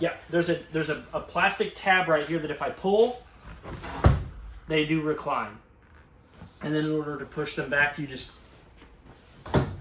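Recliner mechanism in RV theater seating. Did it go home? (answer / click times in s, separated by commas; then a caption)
yes / 9.5 s. A reclined theater chair in a 2024 Forest River Sierra 3800RK fifth wheel RV is pushed back upright by hand after being reclined with a plastic pull tab. Someone talks throughout. Near the end, the recliner mechanism latches with clicks at 9.5 s and 9.5 s, seating the seat back in the upright position.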